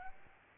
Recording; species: mosquito wingbeat signal from an infrared sensor; Aedes albopictus